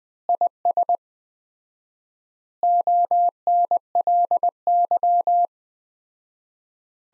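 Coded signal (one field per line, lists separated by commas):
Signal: Morse code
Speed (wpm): 20 wpm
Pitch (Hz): 700 Hz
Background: none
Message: IS ONLY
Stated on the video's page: Morse practice sentences from the top 300 words at 20 wpm with 4x word spacing, a Farnsworth-like approach.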